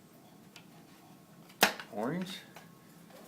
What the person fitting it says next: heard that little click that's what you want to hear when you put this thing together